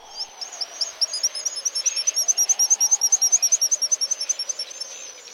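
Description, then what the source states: Black guillemot call: a rapid series of very high, thin whistled notes over a low droning background. Pigeon-sized seabirds heard from a campsite on Cooper Island in the Arctic Ocean, where the population is declining as air and water warm.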